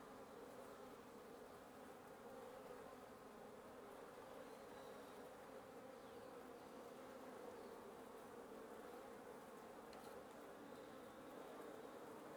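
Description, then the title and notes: Wasps in a nest giving a constant humming buzz. Wasp nest under the roof of a residence in Antigua Guatemala, Guatemala; recorded in the morning. "1a Avenida Nte 19, Antigua Guatemala, Guatemala - Un nid de guêpes. Un nid de guêpes sous le toit de ma résidence. Prise de sons (matinale) : JF CAVRO"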